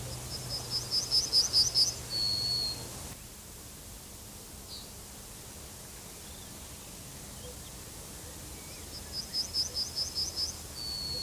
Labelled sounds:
Yellowhammer song

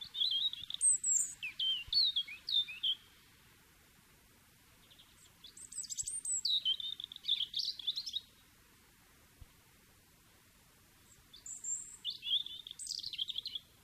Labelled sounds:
European Robin song

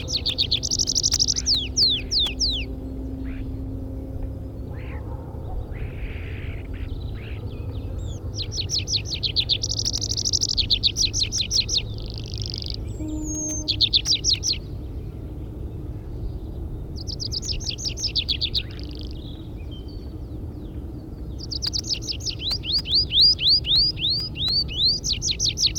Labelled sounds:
Tree Pipit song

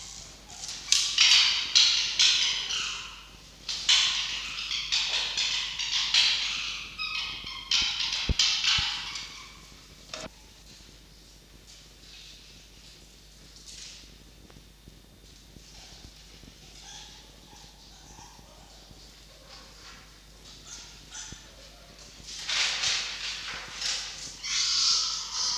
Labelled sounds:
Red Fox

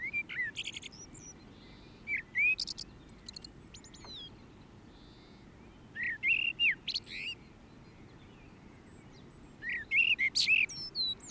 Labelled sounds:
Common Blackbird song

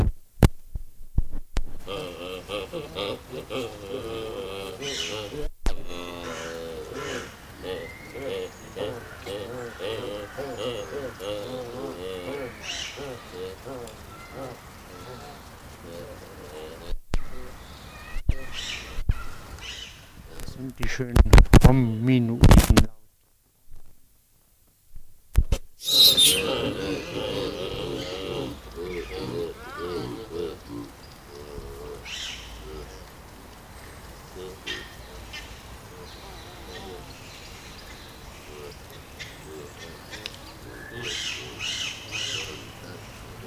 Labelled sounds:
Hamadryas Baboon call

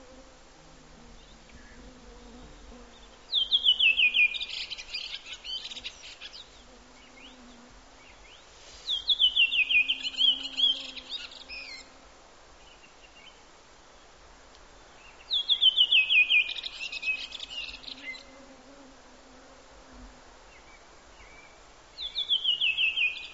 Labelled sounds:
Redwing song

